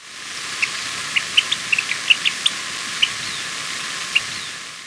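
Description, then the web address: Paramo ground-tyrant calls: brief thin chips, a loose cluster of them in the first half, then a few isolated notes with longer gaps, against constant background hiss. Ecuador, South America. "Birds of Ecuador 3. Paramo Ground-Tyrant"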